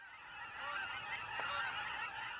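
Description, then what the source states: Aleutian cackling goose: aleutian cackling geese honking in a dense, continuous chorus of overlapping high yelping calls from a large flock, no single bird standing out. Chorus of tens of thousands of wintering geese, Humboldt and Del Norte counties, Northern California, fall through spring; subspecies once thought extinct, now recovered.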